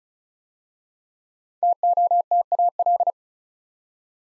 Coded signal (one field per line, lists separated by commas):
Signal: Morse code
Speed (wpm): 36 wpm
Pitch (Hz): 700 Hz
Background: none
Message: TOTAL